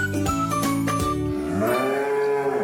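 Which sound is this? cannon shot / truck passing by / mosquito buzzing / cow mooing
cow mooing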